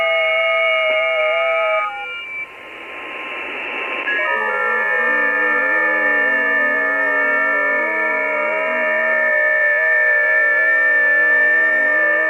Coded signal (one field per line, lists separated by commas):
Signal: FT8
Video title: Kiwi SDR FT8 trick